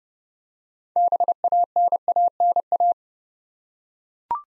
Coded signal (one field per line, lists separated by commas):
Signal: Morse code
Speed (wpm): 30 wpm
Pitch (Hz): 700 Hz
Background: none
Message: BANANA